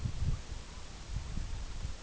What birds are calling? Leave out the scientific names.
none